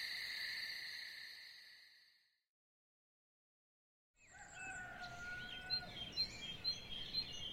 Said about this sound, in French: Lorsque les premiers gazouillis d'oiseaux le réveillèrent,